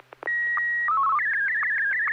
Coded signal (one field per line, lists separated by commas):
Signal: SSTV (slow-scan television)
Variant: Martin 1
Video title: N6NA SSTV Net - 01/13/2021